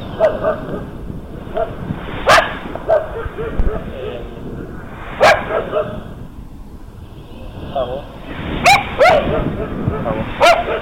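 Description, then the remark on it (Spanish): Dogs bark in sharp, loud bursts, about five scattered irregularly with a quick double near the end, over a steady murmur of people talking underneath. “Nos cagaron todos los perros ladrados.”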